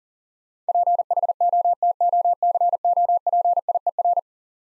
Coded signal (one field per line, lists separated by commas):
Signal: Morse code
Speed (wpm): 40 wpm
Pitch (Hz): 700 Hz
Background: none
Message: PHOTOCOPIER